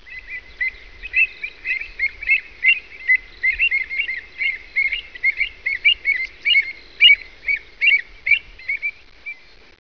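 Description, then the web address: Bird giving many short twittering chirps, repeated steadily throughout and separated by brief pauses. "特酷声音素材库 动物 鸟 Bird"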